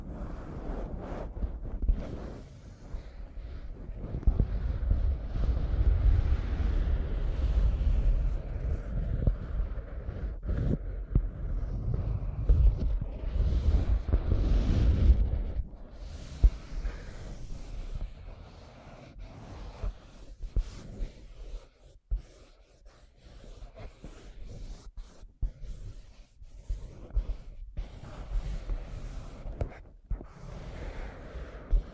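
Scratching and tracing on a surface, heard as a dense run of rough scrapes over a low rumble for the first fifteen seconds. After that it thins out into quieter, scattered scratches and short clicks at an irregular pace until the end.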